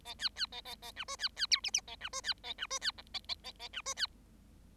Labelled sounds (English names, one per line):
Bengalese Finch song